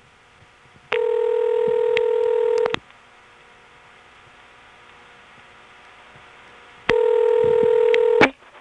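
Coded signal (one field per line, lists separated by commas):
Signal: telephone call progress tone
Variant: North America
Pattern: ringback tone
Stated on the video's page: Step-by-step exchange in Belhaven, North Carolina, Carolina Telephone, 1977, recorded on a phone trip.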